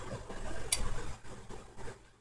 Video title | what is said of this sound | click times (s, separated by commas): TUTORIAL SMONTAGGIO E MANUTENZIONE PS5 VERSIONE DISCO MODELLI 1016A E 1116A | heard it but I heard a click and you saw that the | 0.7 s